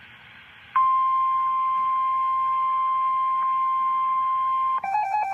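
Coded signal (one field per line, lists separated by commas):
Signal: Emergency Alert System (SAME) tones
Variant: 1050 Hz attention tone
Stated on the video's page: High wind warning from NOAA weather radio station, recorded from a live stream.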